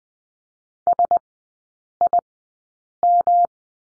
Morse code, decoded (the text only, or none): SIM